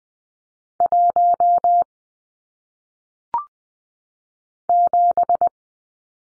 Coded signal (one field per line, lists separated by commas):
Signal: Morse code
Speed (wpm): 20 wpm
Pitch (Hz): 700 Hz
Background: none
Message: 1 7